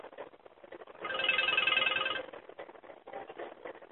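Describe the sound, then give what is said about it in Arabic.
A mobile phone ringtone plays a bright, steady electronic tone for about a second, rising and falling in loudness, with low background murmur before and after; the lecturer's own phone ringing during a lesson among students at Al-Azhar Mosque. “تلفوني أنا؟”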